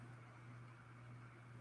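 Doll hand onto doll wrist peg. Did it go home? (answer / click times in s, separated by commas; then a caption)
no / none. A plastic hand of a Generation 3 Monster High Ghoulia doll is being wiggled onto the arm's wrist peg. Only a steady low hum and faint broadband noise are heard, with no distinct clicks. Nothing has seated or popped into place yet.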